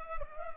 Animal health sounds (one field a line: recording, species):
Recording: mosquito wingbeat signal from an infrared sensor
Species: Culex pipiens